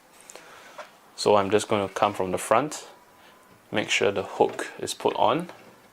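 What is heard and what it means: A plastic shading hood panel for a 27-inch 4K BenQ SW271C computer monitor is being handled and hooked on at the bottom, onto the back of the monitor. Someone talks throughout, with a few faint taps near 0.2–0.4 s. Nothing has seated or clicked into place yet.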